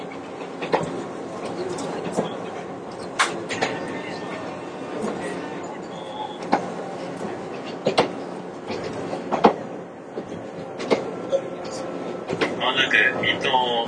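Steady rumble inside a moving electric train, with sharp clunks every second or two, murmured voices, and a rising whine near the end.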